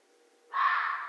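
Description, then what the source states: Red fox with a single rough, scratchy bark that starts abruptly after a brief silence. Recorded 13 January 2012.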